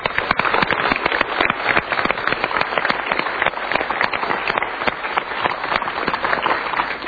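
A crowd applauds steadily for several seconds for volunteers who helped in Sukabumi, Padang and elsewhere, a dense, sustained patter of many hands clapping at a fairly loud, even level with no voices standing out.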